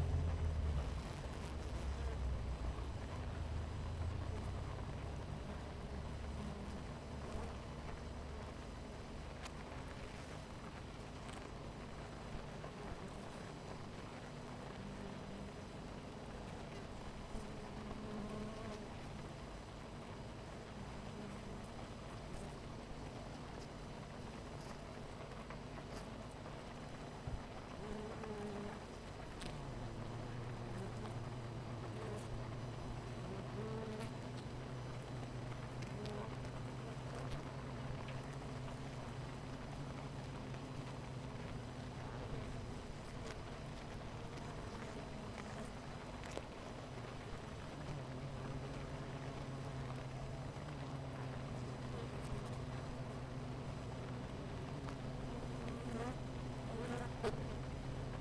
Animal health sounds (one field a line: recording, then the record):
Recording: honeybee colony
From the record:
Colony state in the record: missing queen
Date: 14 July 2017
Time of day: 9:22